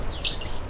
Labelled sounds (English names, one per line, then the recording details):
Stitchbird song
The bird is a male
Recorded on Tiritiri Matangi Island, New Zealand, in 2005
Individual 12, of nest box 16